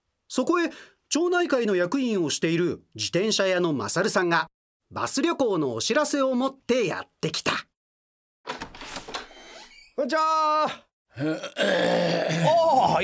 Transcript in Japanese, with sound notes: そこへ、町内会の役員をしている自転車屋の勝さんが、バス旅行のお知らせを持ってやって来た…。
こんにちはー。 （わざとせきをする） あっ。